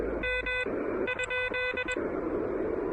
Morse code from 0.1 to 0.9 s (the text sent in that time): M